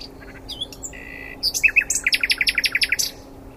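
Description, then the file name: Common nightingale song phrase: soft whistles and a short buzz lead into a loud, rapid series of about a dozen repeated chirping notes, over a faint steady hum. "Luscinia megarhynchos"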